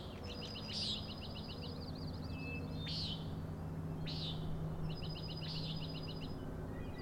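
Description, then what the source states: Common nighthawk uttering a few nasal peents between bursts of rapid high trilling, over a constant low rumble. Three birds flying in close formation, following each other, near a 410 ft overlook on Schoodic Head, Acadia National Park, Winter Harbor, Maine; 4am, 06/16/17; peenting and rattling calls.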